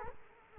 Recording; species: mosquito wingbeat signal from an infrared sensor; Culex quinquefasciatus